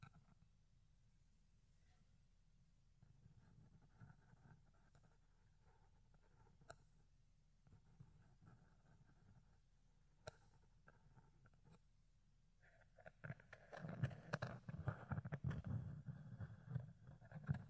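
Soft scratching and rubbing of fluffy ear cleaning sits over a low, muffled rumble. The first half is quiet, broken by two sharp clicks near seven and ten seconds; from about thirteen seconds the fuzzy rustling grows much louder and denser.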